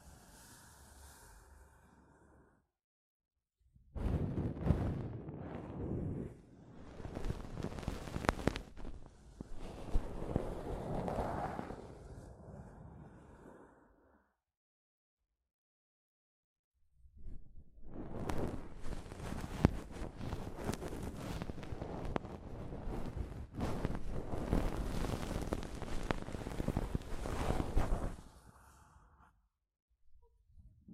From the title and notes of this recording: ASMR Mic Brushing using Soft Fabric (No Talking).